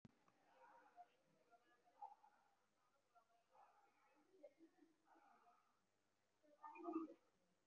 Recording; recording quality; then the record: shallow breathing; moderate, slight background noise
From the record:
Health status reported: respiratory illness, not identified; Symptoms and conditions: breathing difficulty, fatigue, muscle pain, chronic lung disease, pneumonia, diabetes, ischaemic heart disease, another condition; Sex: male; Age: 72 years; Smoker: yes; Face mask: worn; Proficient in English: no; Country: India